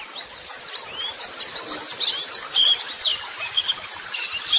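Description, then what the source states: White-eye song of high, rapid twittering, sharp notes mixed with brief slurred whistles, delivered in an almost continuous flow. Masteran (model song) therapy audio for training pleci white-eyes, described as gacor (continuously singing) and meant to prompt birds to reply at once.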